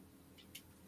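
The folding section of a 1987 Mattel STARCOM plastic toy vehicle is folded down and ratcheted into its wind-up mechanism. Over a low background hum, a single sharp click at 0.6 s shows the section has seated, and it should now wind itself up.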